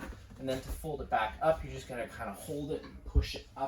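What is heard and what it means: Someone talks while holding the fold-down dinette table of a 2022 Keystone Springdale 295BH and pushing it up toward its raised, locked position, with a single soft knock at the start. The clip ends before the table leg locks into place, so nothing has seated or clicked yet.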